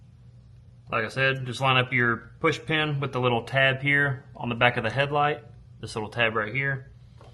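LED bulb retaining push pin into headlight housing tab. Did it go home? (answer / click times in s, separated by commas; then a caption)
no / none. A new AUXITO LED headlight bulb's retaining push pin is lined up with the small tab on the back of a Toyota Camry headlight housing while someone talks. Nothing has seated or clicked yet.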